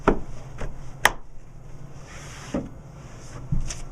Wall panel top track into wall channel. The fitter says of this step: snap the top track into place you'll hear it click as it snaps in